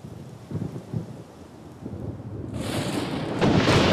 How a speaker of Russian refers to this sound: Молния, дождь.